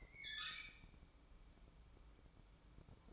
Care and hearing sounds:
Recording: daily activity, microphone in the room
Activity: open fridge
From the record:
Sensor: 1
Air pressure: 1007.9 hPa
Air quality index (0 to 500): 96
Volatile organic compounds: 1 ppm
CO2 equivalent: 820 ppm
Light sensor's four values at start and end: 13/31/13/14 and 13/31/13/14

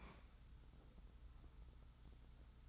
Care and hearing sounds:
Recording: daily activity, microphone in the room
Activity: open fridge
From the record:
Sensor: 3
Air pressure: 991.0 hPa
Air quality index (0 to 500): 121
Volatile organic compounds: 98 ppm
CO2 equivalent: 3739 ppm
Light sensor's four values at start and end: 29/69/28/26 and 29/69/28/26

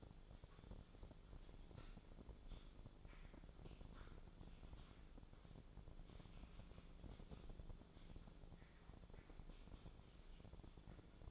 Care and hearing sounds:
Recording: daily activity, microphone in the room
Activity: typing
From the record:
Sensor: 5

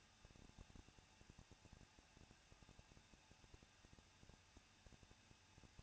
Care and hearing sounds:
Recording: daily activity, microphone in the room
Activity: no activity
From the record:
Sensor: 2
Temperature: 21.0 degrees Celsius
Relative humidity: 37.3%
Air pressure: 1006.3 hPa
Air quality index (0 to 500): 221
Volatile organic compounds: 23 ppm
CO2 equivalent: 2792 ppm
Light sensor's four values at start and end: 2/3/2/2 and 2/3/2/2

